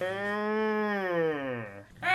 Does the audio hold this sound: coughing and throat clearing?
no